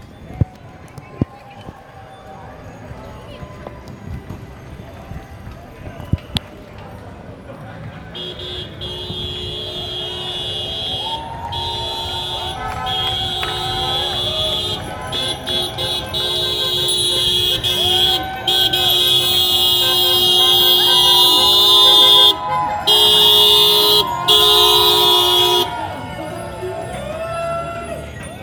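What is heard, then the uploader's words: Street noise at a bike protest gives way after about eight seconds to a long blaring horn, briefly broken twice, over shouting voices and traffic. Black Lives Matter bike protest, Brooklyn and Manhattan, NY. The protest started in Grand Army Plaza, moved through Flatbush and Atlantic Avenue, car traffic on the Brooklyn Bridge, through lower Manhattan, Tribeca, SoHo and NoHo, Washington Square Park, car traffic on the Williamsburg bridge, and ending in Domino Park.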